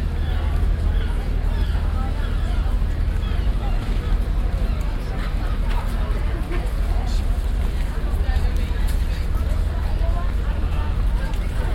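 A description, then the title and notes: A market with a steady crowd of overlapping voices throughout, no single speaker standing out. A constant deep rumble, like traffic or a generator, sits underneath, with scattered small clatters and knocks cropping up all along the twelve seconds. Recordings around the continental market in Exeter, July 2006.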